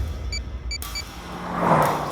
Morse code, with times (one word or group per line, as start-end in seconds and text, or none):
none